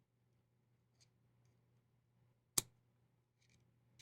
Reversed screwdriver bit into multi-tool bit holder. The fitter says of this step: okay so that locks in place I wonder if it fits some of my tools over here